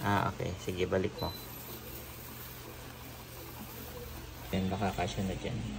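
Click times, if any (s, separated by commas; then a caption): none. Someone talks while a bag of repacked dried fish is put back into an Inkbird vacuum sealer and its lid is being closed over the bag. The talk comes in bursts at the start and again near the end, with a quieter stretch in between. The clip ends before the lid shuts, so nothing has seated or clicked yet.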